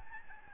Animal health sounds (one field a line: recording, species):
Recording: mosquito wingbeat signal from an infrared sensor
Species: Aedes albopictus